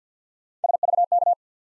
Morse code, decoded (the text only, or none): SVK